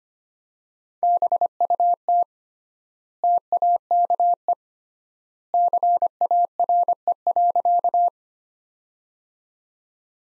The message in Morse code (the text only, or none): BUT TAKE CARE.